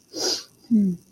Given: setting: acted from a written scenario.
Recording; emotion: vocal sound without words; neutral